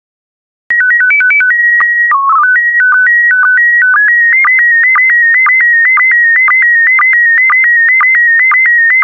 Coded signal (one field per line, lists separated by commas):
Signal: SSTV (slow-scan television)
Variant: PD 120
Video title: 91045 Fruits and Vegetables SSTV PD120